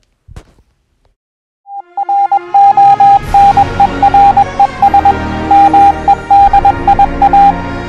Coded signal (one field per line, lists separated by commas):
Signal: Morse code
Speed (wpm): 21 wpm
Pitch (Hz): 800 Hz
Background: music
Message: RONERES MEDIA